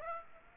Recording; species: mosquito wingbeat signal from an infrared sensor; Aedes aegypti